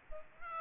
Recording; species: mosquito wingbeat signal from an infrared sensor; Aedes albopictus